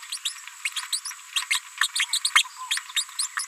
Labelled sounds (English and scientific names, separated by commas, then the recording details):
Green-rumped Parrotlet (Forpus passerinus) babbling
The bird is a female
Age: 31 days
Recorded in a nest box in Venezuela
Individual 17B73B2